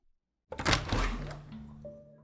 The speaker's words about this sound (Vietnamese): Cửa phòng đóng chặt ngay sau đó.